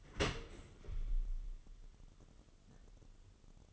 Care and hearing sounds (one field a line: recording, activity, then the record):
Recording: daily activity, microphone in the room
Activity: open dishwasher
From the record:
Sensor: 4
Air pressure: 1015.8 hPa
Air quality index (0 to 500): 90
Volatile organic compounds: 2 ppm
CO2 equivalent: 1006 ppm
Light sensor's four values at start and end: 9/19/8/7 and 9/19/7/7